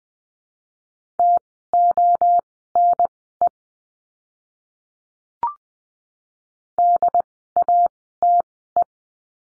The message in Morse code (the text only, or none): TONE DATE